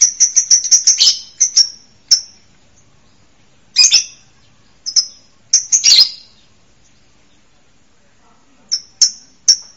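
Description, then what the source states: Bird song in short bursts of sharp, high chirps and quick stuttering notes, separated by pauses of silence. Labelled as masteran.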